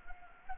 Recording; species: mosquito wingbeat signal from an infrared sensor; Anopheles gambiae